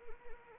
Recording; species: mosquito wingbeat signal from an infrared sensor; Anopheles arabiensis